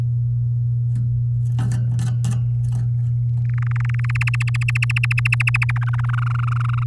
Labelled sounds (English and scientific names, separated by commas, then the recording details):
Domestic Canary (Serinus canaria) song
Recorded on 7 May 2018 at 05:40
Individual llb16